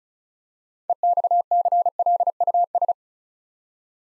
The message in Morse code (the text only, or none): EXCLUS